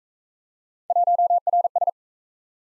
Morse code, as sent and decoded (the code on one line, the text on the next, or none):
.---- .-. ...
1RS